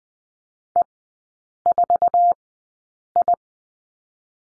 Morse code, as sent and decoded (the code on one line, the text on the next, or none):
. ....- ..
E4I